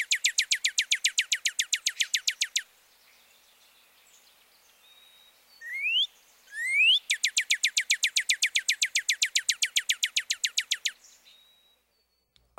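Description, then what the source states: Northern Cardinal song: a fast, even trill of repeated rising whistled notes for over two seconds, two separate upslurred whistles, then another long rapid trill of rising notes lasting about four seconds. Upslurred 'wheat, wheat' song; begins with an upslurred phrase followed by a series of repeated notes.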